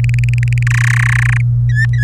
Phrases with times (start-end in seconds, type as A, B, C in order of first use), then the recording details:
0.04-0.63 A, 0.67-1.41 B, 1.69-2.04 C. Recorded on 24 April 2018 at 17:08. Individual llb3